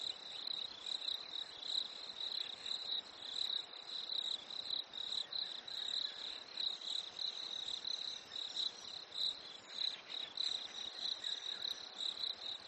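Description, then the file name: Crickets chirping in a steady high-pitched band of rapid pulses, swelling and fading in waves, over a soft hiss. Nature ambience at a lake in winter. "smartsound ATMO NATURE Fresh Winter Lake Crickets Birds"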